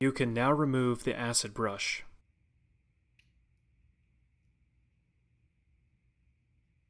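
Someone talks for about two seconds while the acid brush that holds the spring-loaded metal slide catch back in a Desert Eagle pistol frame is being handled. The rest of the clip is near-silent apart from a faint brief tick around 3.2 s, and nothing has seated or clicked into place yet.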